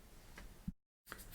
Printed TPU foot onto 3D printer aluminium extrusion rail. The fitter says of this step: So, I lifted the printer up to put it in its proper place, it snapped into the rail, and I have my first foot.